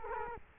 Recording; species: mosquito wingbeat signal from an infrared sensor; Culex quinquefasciatus